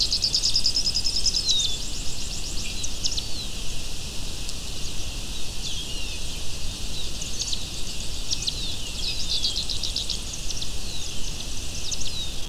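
Bird calls: a brief high whistled phrase at the start, then sparse short chirps spread across the rest, over continuous background hiss.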